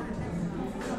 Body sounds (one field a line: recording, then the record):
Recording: background sound without coughing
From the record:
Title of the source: 60 minutes of coffee shop sounds for study and concentration